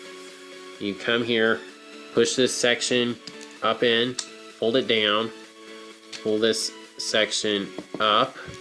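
Someone talks while handling a Transformers War for Cybertron Kingdom Deluxe Warpath transforming toy, pushing a plastic section up, folding it down, then pulling another section up toward the robot body. Faint handling sounds sit under the voice. Nothing has seated or clicked yet.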